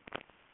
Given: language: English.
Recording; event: throat vibration sensor signal played as sound; swallow